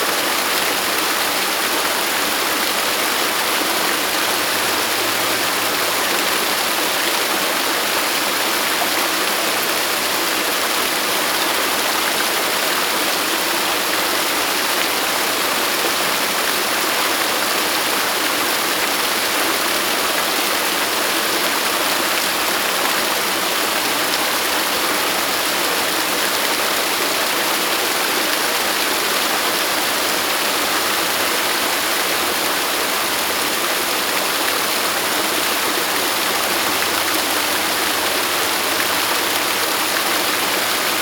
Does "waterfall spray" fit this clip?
yes